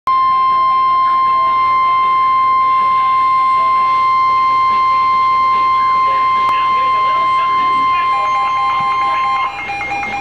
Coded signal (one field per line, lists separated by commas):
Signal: Emergency Alert System (SAME) tones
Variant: 1050 Hz attention tone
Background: speech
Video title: Special Marine Warning (EAS #768)